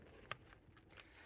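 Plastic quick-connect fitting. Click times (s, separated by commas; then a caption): 0.3 s. A split plastic disconnect tool is pushed firmly into the fuel-line quick-connect fitting on a C5 Corvette fuel filter/regulator so the line can come off. A sharp click sounds at 0.3 s, followed by fainter ticks at about 0.5, 0.8, 0.9 and 1.0 s. The quick-connect releases open.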